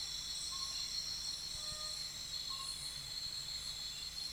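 Nesobia mjobergi: high, continuous insect drone with a wavering upper band over a hissing background.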